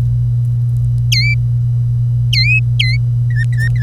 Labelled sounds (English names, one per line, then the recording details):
Domestic Canary song
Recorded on 25 April 2018 at 09:53
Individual llb3